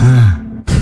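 A loud, low, rumbling snore, then a brief quieter pause and a second snore beginning; an adult's heavy snoring.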